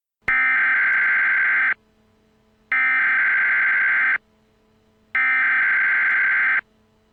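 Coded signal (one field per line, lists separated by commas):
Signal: Emergency Alert System (SAME) tones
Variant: header bursts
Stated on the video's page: Fictional EAS scenario.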